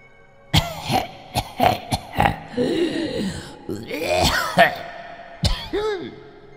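A painful, hacking cough drawing nearer to a staircase, accompanied by slow footsteps: a rapid run of four or five harsh bursts, then a long strained, rasping wheeze, and one more violent cough near the end.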